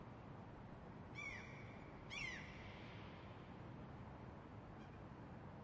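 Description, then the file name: Gull giving two harsh, downslurred squealing cries about a second apart, then quiet apart from a low steady rumble. "seagulls"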